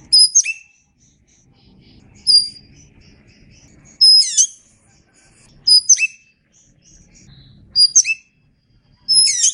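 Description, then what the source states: Oriental magpie-robin giving piercing, downslurred whistles about every two seconds, some doubled, over a faint low rumble. Known by the Indonesian name kacer; described as gacor, singing often and vigorously.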